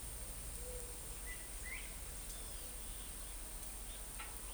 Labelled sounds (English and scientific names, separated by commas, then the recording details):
White-tipped Dove (Leptotila verreauxi), Crested Bobwhite (Colinus cristatus)
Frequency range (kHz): White-tipped Dove (Leptotila verreauxi) 0.3-0.7 kHz; Crested Bobwhite (Colinus cristatus) 1.7-3.4 kHz
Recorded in forest near Pivijay, Magdalena, Colombia, on 2 June 2023 at 10:30
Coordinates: 10.467, -74.380
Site Z5-G034